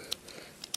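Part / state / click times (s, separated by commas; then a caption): plastic wheel section into the transforming figure body / not seated / none. A plastic wheel section of a transforming figure is pushed into place on the figure body, making three short, sharp plastic ticks at about 0.1, 0.6 and 0.8 seconds over a faint background hiss. The wheel section never clicks in no matter how hard it is pushed, so it stays loose.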